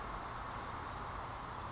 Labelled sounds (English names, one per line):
Chestnut-backed Chickadee